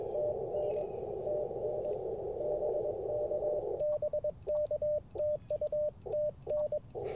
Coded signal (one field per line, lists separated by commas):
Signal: Morse code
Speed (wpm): 22 wpm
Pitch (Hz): 600 Hz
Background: radio noise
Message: TN TN BK BK TU TN